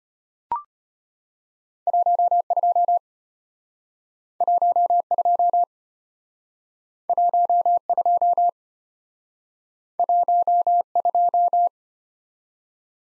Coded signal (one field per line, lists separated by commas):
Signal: Morse code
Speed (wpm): 33 wpm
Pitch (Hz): 700 Hz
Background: none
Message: 12 12 12 12